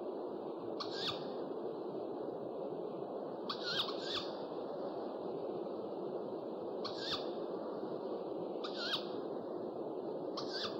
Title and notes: 69 variant hlasů - 11 druhů sov